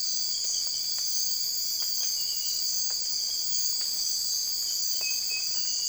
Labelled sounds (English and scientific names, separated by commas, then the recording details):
none
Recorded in dense forest near Puerto Asís, Putumayo, Colombia, on 20 December 2024 at 03:30
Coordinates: 0.482, -76.320
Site G021